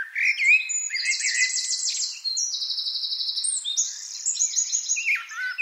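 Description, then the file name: Eurasian wren song: a continuous, loud stream of very high, fast, rattling trills that change pitch several times, with sharp notes mixed in. "Troglodytes troglodytes"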